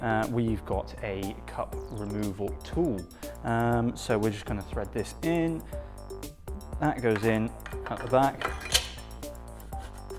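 A threaded bottom bracket cup removal tool is threaded in from the back of a carbon bicycle frame's bottom bracket shell, with music playing and someone talking throughout. Light metallic clinks and taps of the tool being handled are heard, and nothing has seated or locked into place yet.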